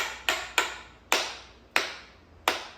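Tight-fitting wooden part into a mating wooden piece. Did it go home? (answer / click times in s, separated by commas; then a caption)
yes / 1.1 s, 1.8 s, 2.5 s. A snug-fitting wooden part from a CNC scrap-wood project is tapped repeatedly into a mating wooden piece, with five sharp taps at about 0.3, 0.6, 1.1, 1.8 and 2.5 seconds, each ringing out briefly. The later taps at 1.1, 1.8 and 2.5 seconds are sharper and louder, and the part seats firmly.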